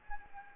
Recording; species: mosquito wingbeat signal from an infrared sensor; Anopheles gambiae